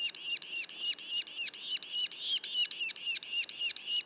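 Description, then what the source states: Yellow-bellied sapsucker juveniles: loud, clear, high squeaks that dip in pitch, repeated quickly and evenly, close to four per second. Juveniles; Mont-Orford National Park, Quebec.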